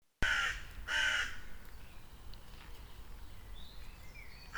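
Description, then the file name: Raven calls with two loud, rasping caws at the start, followed by quiet background and faint high bird chirps. In a castle park at Ebelsberg. "Rabe im Schlosspark Ebelsberg"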